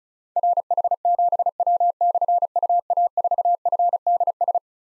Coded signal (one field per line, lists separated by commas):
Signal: Morse code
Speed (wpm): 36 wpm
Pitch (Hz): 700 Hz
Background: none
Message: RH7W/UA4FDS